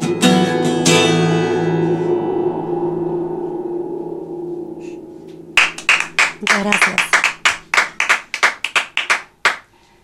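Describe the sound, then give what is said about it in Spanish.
A song's final sustained notes ring out and fade, then a small group breaks into loose, uneven clapping, about a dozen sharp claps that carry on to the end. “esperábamos que termine de sonar el trueno para aplaudir.”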